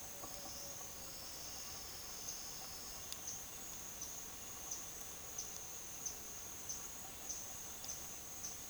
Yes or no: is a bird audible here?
no